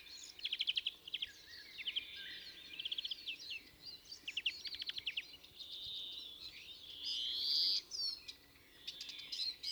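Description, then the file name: European greenfinch song: series of quick ticking trills, then a long wheezy buzz, followed by further short trilled bursts. "Chloris chloris"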